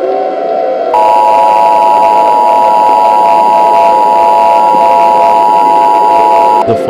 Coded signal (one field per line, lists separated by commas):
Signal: Emergency Alert System (SAME) tones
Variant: 853 and 960 Hz attention tone